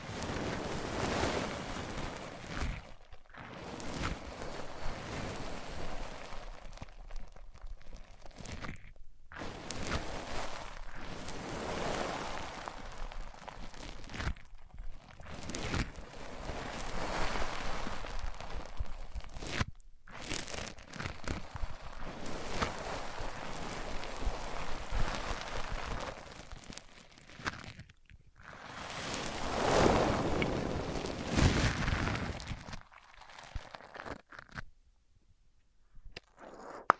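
Microphones are rubbed against surfaces in bursts of dense, scratchy friction noise that swell and fade over several seconds each. Abrupt silences split the passes near 3, 9, 15, 20, 28 and 33 seconds. The loudest, brightest stretch comes around 30 seconds, and a sharp click ends it.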